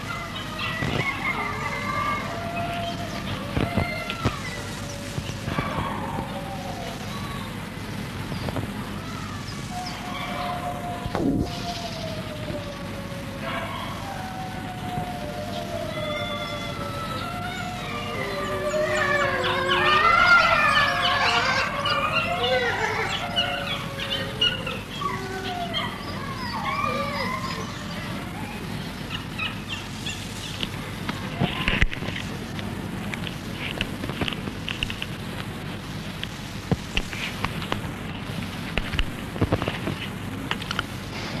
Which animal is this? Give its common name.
Gray Wolf